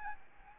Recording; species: mosquito wingbeat signal from an infrared sensor; Aedes albopictus